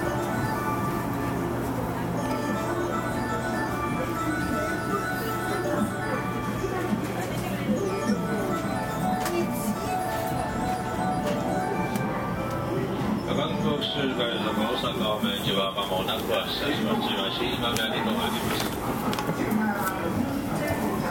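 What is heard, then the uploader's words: Inside an Osaka Loop Line outer rapid train, a steady low rumble and hum run throughout at an even loudness, with voices talking over it. From about thirteen seconds a bright, high whine rises and holds above the rumble until near the end. JR西日本223系 環状線外回り 関空・紀州路快速 天王寺から大阪まで. 西日本旅客鉄道（JR西日本）223系電車の走行音です。 大阪環状線の外回り、関空・紀州路快速で録音しました。 Osaka Loop Line 's Outer Rapid Train.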